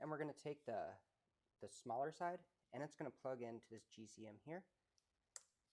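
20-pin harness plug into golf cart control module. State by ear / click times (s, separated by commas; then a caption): seated / 5.4 s. Someone talks while the smaller end of the included 20-pin harness is plugged into the GCM control module of a Club Car DS IQ golf cart during a Silver Wolf Teekon motor and controller conversion kit install. A single sharp click at 5.4 s shows the connector has seated in the module.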